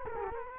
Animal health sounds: mosquito wingbeat signal from an infrared sensor; Culex quinquefasciatus

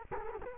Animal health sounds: mosquito wingbeat signal from an infrared sensor; Culex quinquefasciatus

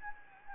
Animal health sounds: mosquito wingbeat signal from an infrared sensor; Anopheles gambiae

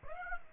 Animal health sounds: mosquito wingbeat signal from an infrared sensor; Aedes aegypti

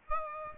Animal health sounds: mosquito wingbeat signal from an infrared sensor; Aedes aegypti

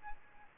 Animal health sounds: mosquito wingbeat signal from an infrared sensor; Aedes albopictus

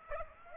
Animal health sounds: mosquito wingbeat signal from an infrared sensor; Aedes aegypti

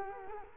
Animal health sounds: mosquito wingbeat signal from an infrared sensor; Culex quinquefasciatus

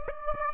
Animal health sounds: mosquito wingbeat signal from an infrared sensor; Aedes aegypti

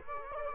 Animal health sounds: mosquito wingbeat signal from an infrared sensor; Culex quinquefasciatus

